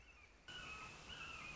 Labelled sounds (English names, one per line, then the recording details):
Red-shouldered Hawk
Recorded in Sonoma County, California